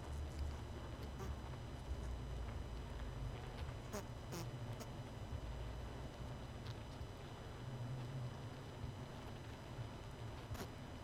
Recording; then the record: honeybee colony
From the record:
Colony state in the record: missing queen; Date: 31 May 2018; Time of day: 20:13